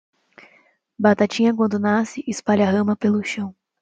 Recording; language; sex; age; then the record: short text; Brazilian Portuguese; female; 20 to 29 years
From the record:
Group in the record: control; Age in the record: 21 years